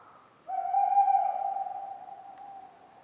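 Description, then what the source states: Tawny owl hoot: one long, steady, mellow tone held for about two seconds, then fading out, over a quiet night background. Talkative tawny owl on a cold autumn night, 11 November 1995, Ménigoute, France; acorns falling regularly.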